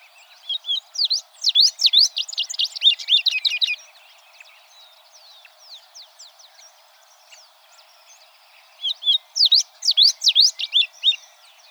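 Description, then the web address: Tropeiro seedeater song, a quick burst of high, sweeping slurred notes and chattering trills, then a quiet pause with faint notes before a second similar burst. "sound Tropeiro-seedeater. صدای-پرنده-دانه-خوار-تروپیرو"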